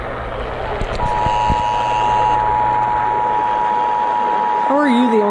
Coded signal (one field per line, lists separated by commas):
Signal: Emergency Alert System (SAME) tones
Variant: 853 and 960 Hz attention tone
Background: speech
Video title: (FOUND) Atlanta, GA AMBER Alert | EAS #200 (9/28/2023)